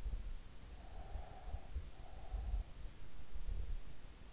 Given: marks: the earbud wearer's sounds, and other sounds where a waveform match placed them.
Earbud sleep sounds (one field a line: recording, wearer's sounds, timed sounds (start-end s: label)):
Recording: sounds in sleep by an in-ear microphone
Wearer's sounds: breath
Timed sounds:
0.91-3.03 s: breath